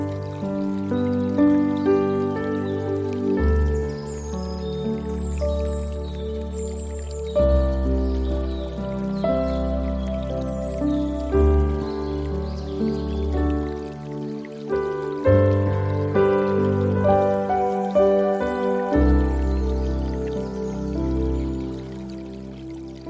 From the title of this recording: Piano Mood Sound Water And Music